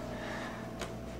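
The back of a guitar doorbell is pushed up so its second, rear dual lock fastener engages with its wall strip. A faint, brief click comes at 0.8 s over a steady low hum. The fastener clicks in and the instrument is seated firmly in place.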